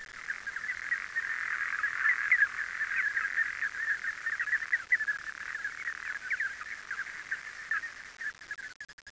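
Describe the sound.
Frogs calling in a dense chorus of rapid, rattling mid-pitched notes, overlapping continuously for about eight seconds before thinning out at the end.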